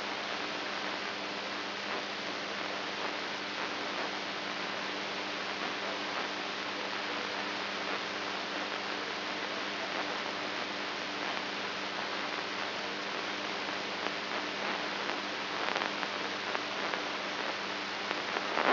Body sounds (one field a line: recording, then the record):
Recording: brain microelectrode recording played as sound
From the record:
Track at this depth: inside the subthalamic nucleus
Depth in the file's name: 4.116 mm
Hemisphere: right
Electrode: 2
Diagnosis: Parkinson's disease